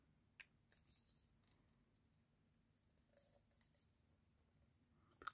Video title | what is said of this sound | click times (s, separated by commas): Philips Sonicare Prestige - let's look what's inside. Teardown, repair, compare.. | clicked in place | 5.2 s, 5.3 s